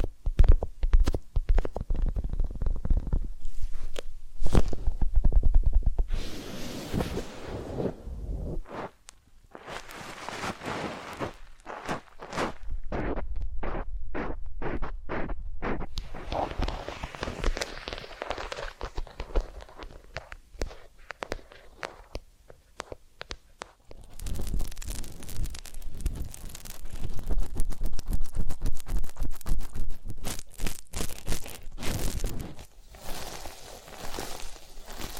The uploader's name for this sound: Massage, Ear Cleaning and Spa